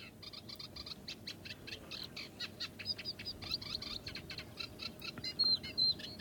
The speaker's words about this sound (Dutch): Maar hoe houd je al die vrolijke zang en ook dit gekwetter uit elkaar?